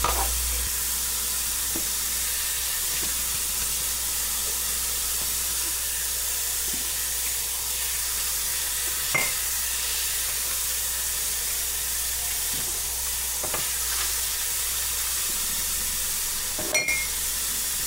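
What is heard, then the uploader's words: Water runs in a steady, bright hiss at the sink, with occasional soft clinks of dishes, sharpest near nine and seventeen seconds. The soothing sounds of washing dishes. The gentle sound of running water mixed with the clinking of dishes.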